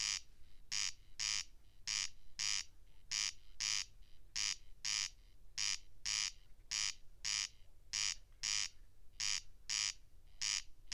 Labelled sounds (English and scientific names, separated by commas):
Corn Crake (Crex crex) song